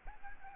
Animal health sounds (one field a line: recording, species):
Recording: mosquito wingbeat signal from an infrared sensor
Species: Aedes albopictus